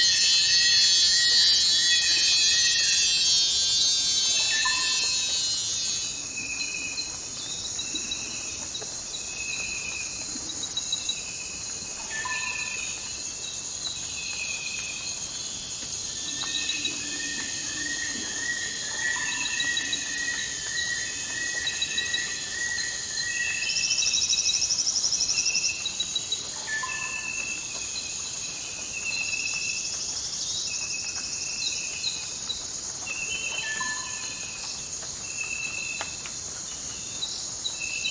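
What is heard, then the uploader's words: A rainforest with a steady, dense wall of high insect buzzing throughout, loudest in the first six seconds. Birds call over it in short repeated chirps, with a longer trill around seventeen to twenty-three seconds, and occasional sharp ticks and drips scattered across the clip. The tranquil ambiance of a rainforest.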